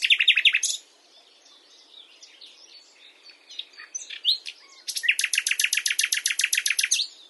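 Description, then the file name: Common nightingale singing a short burst of repeated notes, then quieter chirps, followed by a loud rapid rattling series of identical notes near the end. "Luscinia megarhynchos"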